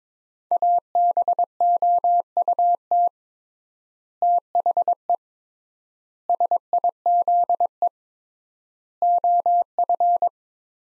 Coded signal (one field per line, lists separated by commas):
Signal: Morse code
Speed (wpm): 22 wpm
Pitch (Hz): 700 Hz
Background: none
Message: ABOUT THE SIZE OF